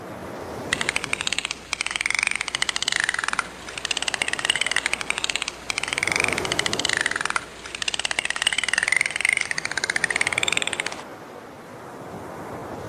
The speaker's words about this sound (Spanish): Y este rugido es el rugido del león, pero no del león que vive en la sabana. Es el sonido que hace el león marino.